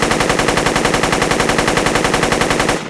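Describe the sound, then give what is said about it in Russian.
A sustained burst of automatic rifle fire, rapid evenly spaced shots hammering loudly for about three seconds before cutting off abruptly, with no voices. “Но когда я уже был готов сдаться, сбоку ударила автоматная очередь.”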